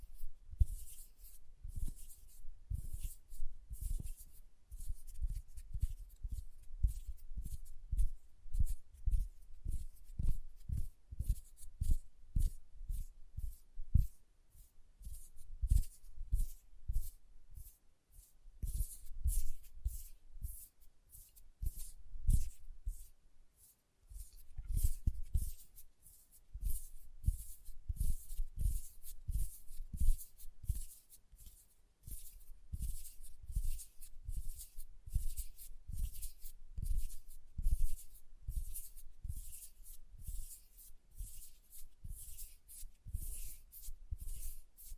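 Hand sounds with quick, regular tapping that runs through nearly the whole clip, each tap a crisp click with a soft low thump beneath. The taps come in dense bursts, pausing briefly around 18 and 24 seconds before resuming steadily.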